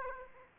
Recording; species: mosquito wingbeat signal from an infrared sensor; Aedes aegypti